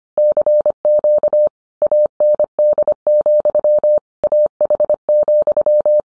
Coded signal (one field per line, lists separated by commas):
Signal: Morse code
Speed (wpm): 25 wpm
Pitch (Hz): 600 Hz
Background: none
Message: CQ AND, AH,